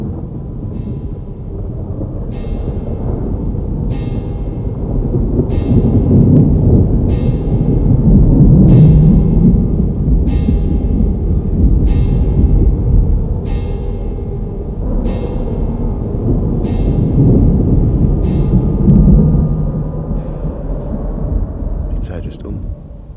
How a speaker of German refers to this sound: Da hob die alte Kirchturmglocke zum Schlagen an.